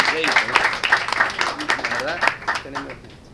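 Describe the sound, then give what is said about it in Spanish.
A crowd applauds steadily for a few seconds for the payadores who performed, a dense rattle of many hands clapping, with voices calling out and cheering over it before it begins to thin toward the end. “Y bueno, quiero brindar un aplauso a todos estos payadores que han pasado por acá. Fuerte el aplauso para ellos.”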